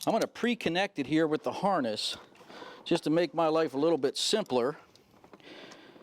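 A replacement SRS part's electrical connector is handled by hand to be pre-connected to the vehicle wiring harness plug while someone talks. A few faint, quiet taps and handling noises follow near the end. Nothing has seated or clicked yet.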